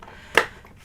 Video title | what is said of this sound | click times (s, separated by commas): Tidy-Up Tuesday // Craft Room Organization // My Favorite Organizers Part 1 | there you go you kind of hear it snap | 0.4 s